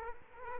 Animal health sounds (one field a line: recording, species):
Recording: mosquito wingbeat signal from an infrared sensor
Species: Culex quinquefasciatus